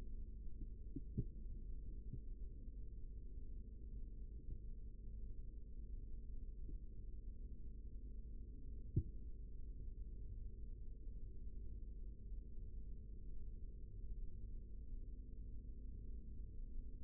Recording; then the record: forearm muscle sounds (acoustic myography)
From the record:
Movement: rest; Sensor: system 3, bracelet of six PUI Audio POM-2738L microphones around the upper forearm, with dedicated amplification and filtering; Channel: 5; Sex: male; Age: 43 years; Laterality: right